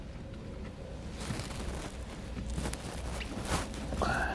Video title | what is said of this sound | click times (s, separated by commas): etrailer - Redarc Liberty Brake Controller Installation - 2020 Cadillac Escalade | it'll just plug in push it until it clicks in and that should power up our module | 2.7 s